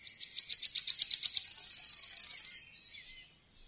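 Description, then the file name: Wood warbler song: sharp ticking notes speed up and merge into a fast, shivering trill, the whole lasting about two and a half seconds, followed by a faint fading note. "boeksanger"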